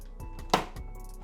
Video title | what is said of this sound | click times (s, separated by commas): Loser Builds a $1400 PC | you're going to want to press it down until it makes a little click sound | 0.5 s